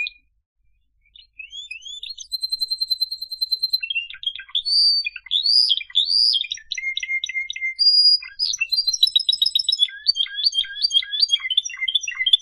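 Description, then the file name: Canary song: high whistled notes and rapid buzzy trills, then rising and falling sweeps and chattering phrases that run on continuously after a short silent start. "Canary Voice"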